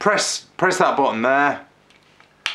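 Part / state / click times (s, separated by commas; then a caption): rifle magazine released from air rifle magazine housing / released / 2.5 s. Someone talks, then the release button on a Gamo Maxxim Replay air rifle is pressed two-handed, and the plastic magazine comes free from the magazine housing with a sharp click at 2.5 s. Two faint ticks come just before, at about 1.9 s and 2.2 s.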